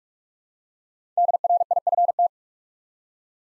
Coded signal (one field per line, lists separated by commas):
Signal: Morse code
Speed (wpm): 44 wpm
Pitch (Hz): 700 Hz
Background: none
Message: DRIFT